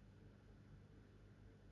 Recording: background sound without coughing